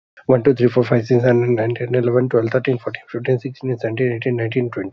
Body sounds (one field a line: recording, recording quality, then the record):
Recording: counting at a fast pace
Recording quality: excellent, no background noise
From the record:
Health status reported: healthy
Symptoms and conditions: none ticked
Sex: male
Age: 29 years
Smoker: not ticked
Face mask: not worn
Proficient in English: yes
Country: India